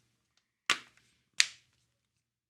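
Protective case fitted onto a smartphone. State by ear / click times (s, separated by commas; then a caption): seated / 0.7 s, 1.4 s. A rugged aramid-fiber case with blue shock-absorbing corners is pressed onto an iPhone 14 Pro Max. Two sharp, bright snaps ring out at 0.7 s and 1.4 s, with faint small ticks around them. The very tight case pops on and seats onto the phone.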